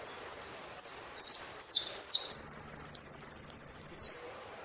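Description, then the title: Saffron finch song: several sharp, high chirps in quick succession, then a long, rapid buzzy trill that runs for nearly two seconds before stopping abruptly. "Jilguero Argentino"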